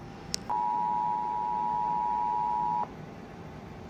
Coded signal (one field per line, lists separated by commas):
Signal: Emergency Alert System (SAME) tones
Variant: 853 and 960 Hz attention tone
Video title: Inyo County EVI/FRW (EAS #170-171)